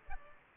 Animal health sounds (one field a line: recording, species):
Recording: mosquito wingbeat signal from an infrared sensor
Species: Culex pipiens